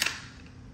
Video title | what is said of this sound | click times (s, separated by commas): How to install Hisense L9G laser tv projector and alr screen | slide it until it clicks right there grab | 0.0 s